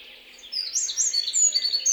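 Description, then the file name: Eurasian wren giving a short fragment of high, rapid twittering trills after a brief quiet start. "Troglodytes troglodytes"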